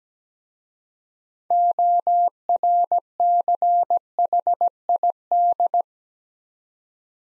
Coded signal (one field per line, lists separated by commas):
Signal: Morse code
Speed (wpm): 17 wpm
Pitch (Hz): 700 Hz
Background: none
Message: ORCHID